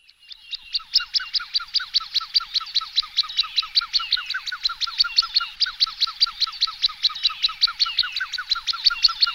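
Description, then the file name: Common Shelduck giving a fast, steady series of short, sharp repeated notes, several per second, continuing evenly throughout without pause. "volpoca"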